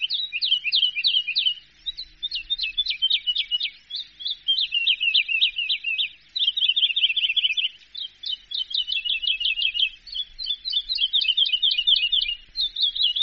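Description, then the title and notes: Bird song, a fast varied chatter of trills and rapid repeated notes in phrases of a few seconds, high-pitched and busy. "Bird Sound. Kicau Burung Lengkap"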